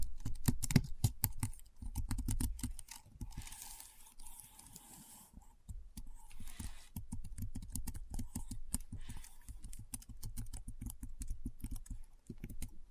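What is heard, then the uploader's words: Keyboard typing in fast, dense runs of crisp clicking keystrokes that carry on through the whole stretch. A heavier opening burst gives way to slightly quieter, uneven patches around four and six seconds, then the tapping picks back up steadily to the end. ASMR Keyboard Sounds (No Talking).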